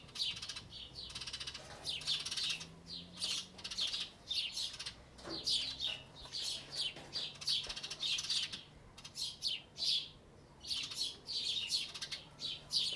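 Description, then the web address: Birds singing in a yard, bright high chirps and short twittering phrases in many overlapping bursts, with a faint low hum underneath. Ambience of birds in a yard. "NS Studios - ultra sound collection ambience birds in a yard"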